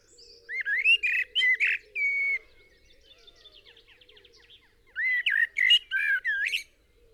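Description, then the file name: Eurasian blackbird singing mellow whistled phrases with rising slurs and a sharp twittered ending, then a pause filled with thin bird trills before another warbled burst. "Turdus merula"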